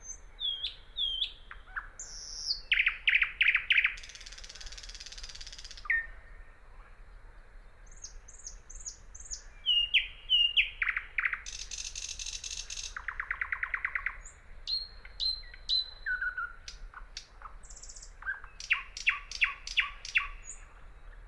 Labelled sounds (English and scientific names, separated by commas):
Thrush Nightingale (Luscinia luscinia) song